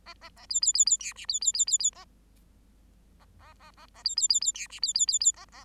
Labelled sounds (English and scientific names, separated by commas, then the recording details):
Bengalese Finch (Lonchura striata domestica) song
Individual Bird8